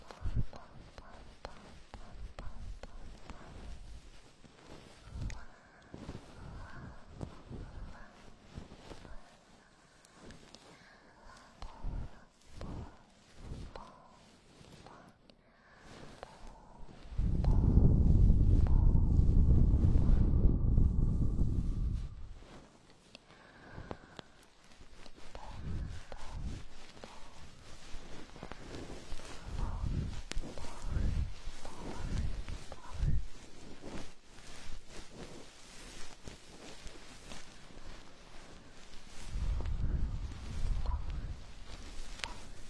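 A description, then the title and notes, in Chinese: Goose-feather ear cleaning: soft, irregular scratchy brushing and rustles, with a loud, low muffled rumble around 17–22 seconds and again near 40. 鹅毛棒掏耳朵 轻语。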